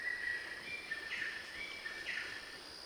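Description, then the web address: Kagu calls: clear whistled notes near the same pitch, given in quick succession over a steady hiss of insects. "sound Kagu. صدای-پرنده-کاگو"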